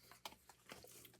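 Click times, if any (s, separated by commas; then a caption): 0.3 s. A plastic sliding page lock on a collector card binder is pushed into place to hold the pages and cards. A sharp click is heard at 0.3 s, followed by a couple of softer clicks at about 0.5 s and 0.7 s. The lock seats, holding the pages in place.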